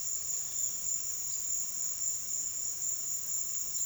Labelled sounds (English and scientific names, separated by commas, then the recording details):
none
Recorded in pastures near Puerto Asís, Putumayo, Colombia, on 23 June 2025 at 14:00
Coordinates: 0.466, -76.322
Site GP07